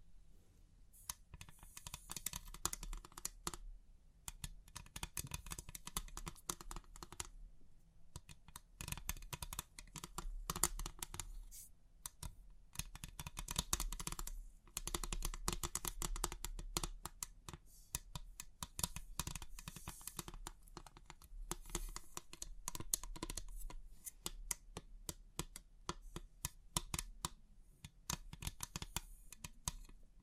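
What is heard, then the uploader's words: Crisp 3D pin art is being pressed and handled, making dense bursts of sharp, bright clicking and tapping like rapid keyboard typing. The clatter keeps going for the whole stretch, with short pauses near 4, 7 and 14 seconds, over a low, steady hum. ASMR Crisp 3D Pin Art Tingles(No Talking).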